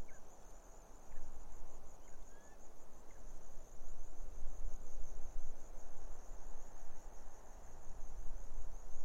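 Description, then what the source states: Grasshoppers stridulate in a constant high pulsed buzz, a few faint short bird notes come early, and gusty wind rushes throughout. Grasshoppers stridulating on a lukewarm autumn afternoon, 6 May 2015, arid hills of the Barrier Ranges near Broken Hill, Australian outback; wind in desert she-oaks, sparse bird song.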